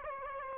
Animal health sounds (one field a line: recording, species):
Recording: mosquito wingbeat signal from an infrared sensor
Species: Aedes aegypti